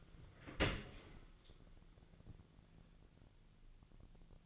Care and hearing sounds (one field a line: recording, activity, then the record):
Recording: daily activity, microphone in the room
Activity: open dishwasher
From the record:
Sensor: 4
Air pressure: 1001.3 hPa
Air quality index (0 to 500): 181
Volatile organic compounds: 2 ppm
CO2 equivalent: 1293 ppm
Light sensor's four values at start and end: 12/27/11/11 and 11/26/10/11